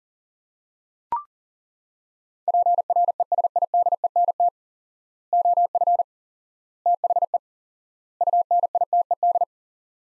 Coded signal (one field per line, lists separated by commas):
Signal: Morse code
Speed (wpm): 40 wpm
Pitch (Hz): 700 Hz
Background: none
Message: PRESIDENT OF THE UNITED